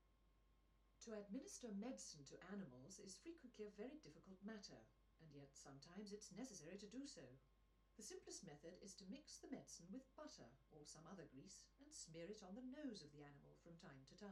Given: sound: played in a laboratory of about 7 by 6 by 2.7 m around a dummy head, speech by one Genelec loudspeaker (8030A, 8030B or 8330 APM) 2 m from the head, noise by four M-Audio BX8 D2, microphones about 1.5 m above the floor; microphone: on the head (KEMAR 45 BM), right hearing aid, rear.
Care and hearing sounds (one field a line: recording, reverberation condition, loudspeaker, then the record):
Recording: female speech in English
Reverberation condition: low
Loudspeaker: in front (0 degrees)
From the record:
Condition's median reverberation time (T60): about 310 ms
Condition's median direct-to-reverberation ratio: about 3.5 dB